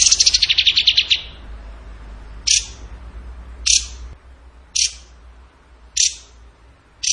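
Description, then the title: Bird song opening with a rapid descending trill, followed by sharp single high chips spaced roughly a second apart. Bird song in the tembakan gacor style, used as masteran (training for other birds). "Masteran Burung Tembakan Gacor"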